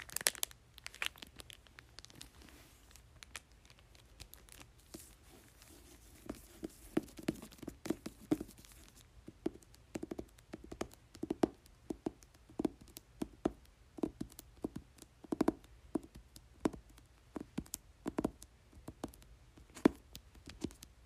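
Tapping and crinkling on a book cover, with dense, irregular sharp clicks and taps running throughout. Soft crinkly rustles sit under the taps, fuller in the first nine seconds, and a low steady hum continues in the background.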